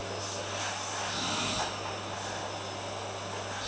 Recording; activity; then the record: daily activity, microphone in the room; vacuum cleaning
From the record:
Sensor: 2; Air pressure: 999.9 hPa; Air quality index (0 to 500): 127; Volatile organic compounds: 2 ppm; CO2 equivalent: 1091 ppm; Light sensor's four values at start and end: 28/69/30/33 and 28/69/30/33